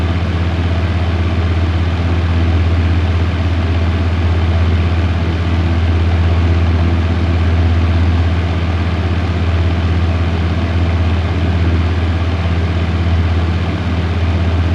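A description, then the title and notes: A machine room hums steadily throughout, with a strong, unchanging low drone near the bottom and a dense wash of mechanical noise spread above it. The level stays constant for the whole stretch, with no distinct events, like an engine idling. Enjoy 2 hours of ambient sound with machine room.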